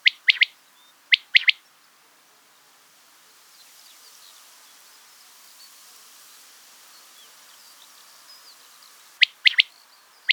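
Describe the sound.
Quail calling in crisp three-note phrases, two at the start and another near the end, separated by a long quiet stretch with faint bird twitters.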